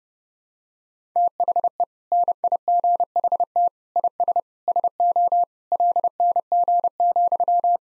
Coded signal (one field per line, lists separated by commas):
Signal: Morse code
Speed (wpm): 29 wpm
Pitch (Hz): 700 Hz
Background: none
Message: THE NIGHT IS SO LNG,